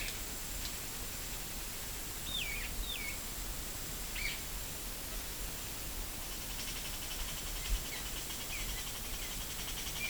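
Bird calls: several short looping whistled notes, over steady background noise.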